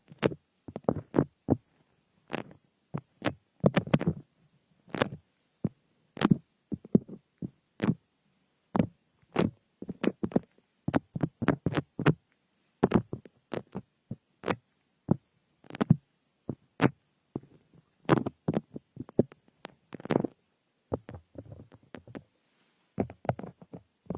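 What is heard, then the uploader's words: Ear picking with a frosted bath ball: a run of short, sharp clicks and scratchy taps, some singly and some in quick bunches, with brief pauses between. The sounds have a dull thumping low end and crisp bright edges, over near silence. Frosted Bath Ball Ear Picking Experience.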